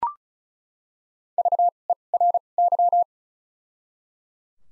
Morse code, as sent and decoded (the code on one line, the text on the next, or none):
...- / . / .-. / -.--
V E R Y